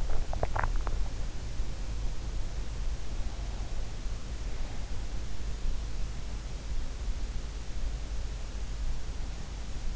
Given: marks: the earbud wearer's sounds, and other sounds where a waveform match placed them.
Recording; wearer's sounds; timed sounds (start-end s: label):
sounds in sleep by an in-ear microphone; swallowing
0.00-1.06 s: swallowing